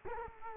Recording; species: mosquito wingbeat signal from an infrared sensor; Culex quinquefasciatus